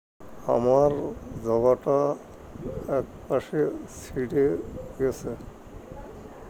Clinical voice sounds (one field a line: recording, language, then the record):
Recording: elicited speech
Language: Bengali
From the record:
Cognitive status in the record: dementia